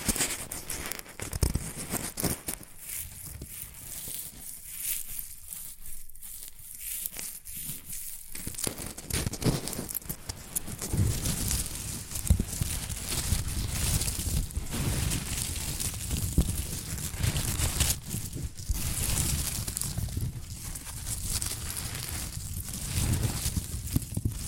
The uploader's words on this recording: ASMR Rustling and Crinkle Sounds (Shredded Tissue, Packing Peanuts).